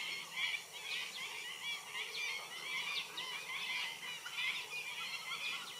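Stilts calling: many short, sharp, yapping notes overlapping in a continuous busy chorus.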